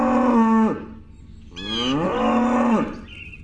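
Cow mooing: two low, drawn-out moos. The first is steady and drops away at the end. The second starts with a rising swoop, holds level, then falls away.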